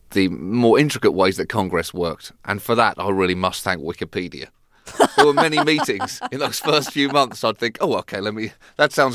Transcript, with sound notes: the more intricate ways that Congress works. And for that, I really must thank Wikipedia. (LAUGHTER) For many meetings in those first few months, I'd think, oh, OK. Let me - that's sounds great.